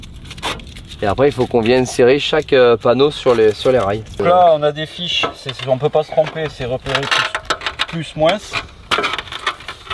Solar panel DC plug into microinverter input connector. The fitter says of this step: celle VI là toujours pareil on entend un gros clic